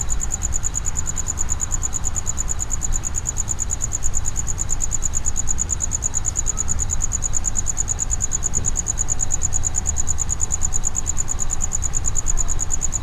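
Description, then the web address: Cricket trilling with rapid, regular high pulses that continue without pause, accompanied by steady low-frequency rumble. Cricket inside a plastic distribution box at Jászberény Zoo, recorded in 2016. "allathangok jaszberenyizoo 2016 tucsok muanyagelosztodobozban"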